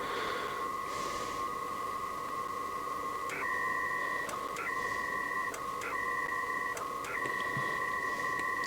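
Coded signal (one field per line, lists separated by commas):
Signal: HF data modem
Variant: PACTOR, 200 baud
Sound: dual-tone buzzing data signal, steady, with short dropouts about every second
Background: radio static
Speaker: it's back to free now 200 bits for negotiation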